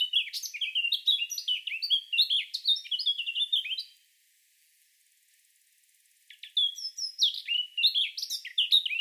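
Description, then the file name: Eurasian blackcap song: rapid, varied warbling phrases of high, twittering notes, one long burst, a pause of about two seconds, then a second burst. "Sylvia atricapilla"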